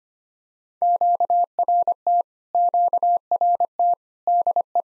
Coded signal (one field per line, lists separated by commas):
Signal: Morse code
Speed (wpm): 25 wpm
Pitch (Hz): 700 Hz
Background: none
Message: QRT QRT DE